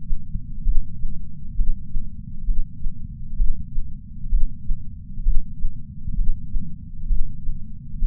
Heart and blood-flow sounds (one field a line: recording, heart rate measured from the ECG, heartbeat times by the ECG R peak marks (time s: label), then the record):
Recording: heart sounds by patch sensor on the chest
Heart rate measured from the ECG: 65 bpm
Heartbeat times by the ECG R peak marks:
0.62 s: heartbeat
1.54 s: heartbeat
2.44 s: heartbeat
3.35 s: heartbeat
4.28 s: heartbeat
5.22 s: heartbeat
6.14 s: heartbeat
7.06 s: heartbeat
7.98 s: heartbeat
From the record:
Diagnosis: coronary artery disease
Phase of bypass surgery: preoperative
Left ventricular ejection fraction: 64.4%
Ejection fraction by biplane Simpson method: 54.2%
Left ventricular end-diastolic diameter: 51 mm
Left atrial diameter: 34 mm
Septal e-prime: 9.9 cm/s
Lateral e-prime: 12.4 cm/s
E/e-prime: 7.7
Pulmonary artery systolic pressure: 20 mmHg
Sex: male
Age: 66 years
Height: 176 cm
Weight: 74.5 kg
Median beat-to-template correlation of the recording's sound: 0.93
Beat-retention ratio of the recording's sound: 0.99